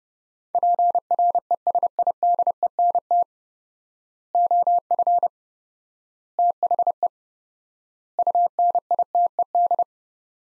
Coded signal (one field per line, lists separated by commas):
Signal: Morse code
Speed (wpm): 30 wpm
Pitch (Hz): 700 Hz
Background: none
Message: PRESIDENT OF THE UNITED